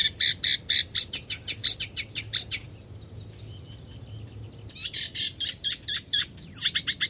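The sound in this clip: Eurasian reed warbler singing in rhythmic, grating chirps, pausing for about two seconds, then resuming.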